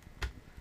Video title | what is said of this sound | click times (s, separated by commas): Bingo Airsoftworks Fusion Engine MP7 Maintenance and Nozzle Swap | there you can hear that one snapped into place and then let's grab this one | 0.2 s